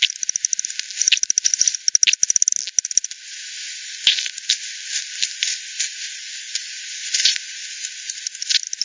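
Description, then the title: Bat echolocation clicks, fast and dense for the first three seconds, then thinning to scattered single pulses over a constant hiss. Several bats at Hogsmill Lane by the Hogsmill River, 7 October 2020 at 18:10; bat detector recording using frequency division by ten, bandpass filtered and resampled. "WW bat 20201007 T 18 : 10 Z-Hogsmill-Lane-Hogsmill-River-multiple-bats"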